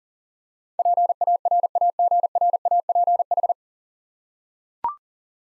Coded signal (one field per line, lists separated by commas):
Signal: Morse code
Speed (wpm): 37 wpm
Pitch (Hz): 700 Hz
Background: none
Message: PARAGRAPH